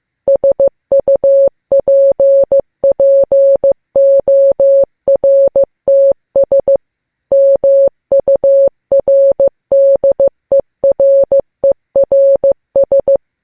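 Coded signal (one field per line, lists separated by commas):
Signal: Morse code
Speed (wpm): 15 wpm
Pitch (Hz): 550 Hz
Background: none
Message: SUPPORTS MURDERERS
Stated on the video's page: Morse learned and sent as a beginner's lesson.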